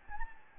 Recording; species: mosquito wingbeat signal from an infrared sensor; Anopheles gambiae